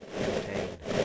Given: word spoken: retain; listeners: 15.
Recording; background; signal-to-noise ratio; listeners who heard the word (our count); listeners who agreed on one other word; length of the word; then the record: one English word in noise, from a listening test; noise modulated by three-talker babble; -7.4 dB; 1 of 15; 6 of 15; 0.65 s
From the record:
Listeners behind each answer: 6, 1, 1, 1, 1, 1, 1, 1, 1, 1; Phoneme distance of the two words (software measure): 27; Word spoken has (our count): 2 syllables, 5 phonemes, stress on syllable 2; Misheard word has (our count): 2 syllables, 6 phonemes, stress on syllable 2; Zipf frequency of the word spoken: 3.90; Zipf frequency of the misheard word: 4.14